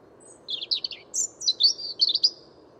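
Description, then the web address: European robin singing a varied phrase of high, sweet warbled notes with thin whistled slurs, broken into short bursts, against a soft background hiss. "Deverinetal 2025 File origin Bird Only Er Ru"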